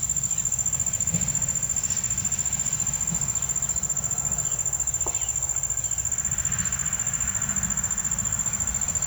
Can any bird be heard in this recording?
yes